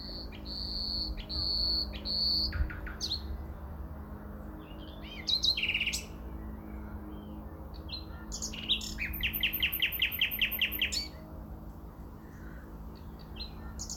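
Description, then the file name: Common nightingale song, loud piping whistled notes repeated, then rapid rattling series of high clicks, phrases separated by short silences. "Luscinia megarhynchos"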